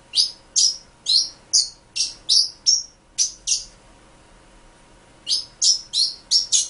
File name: suara pintailwydah omkicau